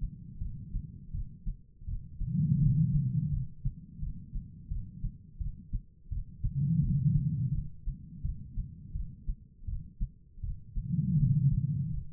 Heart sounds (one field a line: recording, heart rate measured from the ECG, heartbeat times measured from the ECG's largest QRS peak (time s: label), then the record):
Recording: heart sounds by stethoscope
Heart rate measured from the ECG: 83 bpm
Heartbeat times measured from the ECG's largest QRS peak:
0.39 s: heartbeat
1.12 s: heartbeat
1.86 s: heartbeat
2.60 s: heartbeat
3.31 s: heartbeat
4.00 s: heartbeat
4.69 s: heartbeat
5.39 s: heartbeat
6.10 s: heartbeat
6.81 s: heartbeat
7.52 s: heartbeat
8.23 s: heartbeat
8.93 s: heartbeat
9.66 s: heartbeat
10.42 s: heartbeat
11.17 s: heartbeat
11.92 s: heartbeat
From the record:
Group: healthy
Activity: rest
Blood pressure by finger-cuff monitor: 112/86 mmHg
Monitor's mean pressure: 99 mmHg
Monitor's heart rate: 83 bpm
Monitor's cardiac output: 4.8 L/min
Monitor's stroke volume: 58 mL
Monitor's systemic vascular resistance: 1540 dyn s/cm5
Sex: female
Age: 51 years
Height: 162 cm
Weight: 70.04 kg